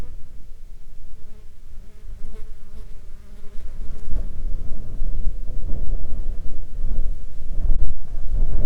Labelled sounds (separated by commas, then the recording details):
wind, insects
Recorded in the Arctic National Wildlife Refuge, Alaska, on 19 July 2021 at 16:10
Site 33